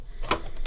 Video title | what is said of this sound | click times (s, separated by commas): LG 144hz 4k Soo Good I Got It AGAIN A YEAR LATER! | it just slots in like that. And then you hear the click. Now this is connected. | 0.3 s